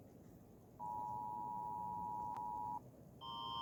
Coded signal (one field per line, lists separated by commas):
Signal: Emergency Alert System (SAME) tones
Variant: 853 and 960 Hz attention tone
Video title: Rating EAS alarms